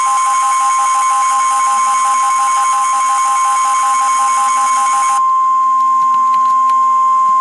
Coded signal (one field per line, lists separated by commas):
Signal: Emergency Alert System (SAME) tones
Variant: 1050 Hz attention tone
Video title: REAL EAS 741-Flash flood warning